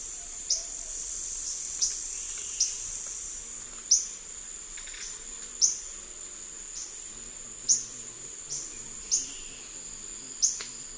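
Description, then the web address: Black-tailed flycatcher calls: thin, high, sharp chips repeated irregularly against a continuous high-pitched insect chorus. Eastern lowlands of South America. "Natures Songs S America Eastern Lowlands. Black-tailed Flycatcher"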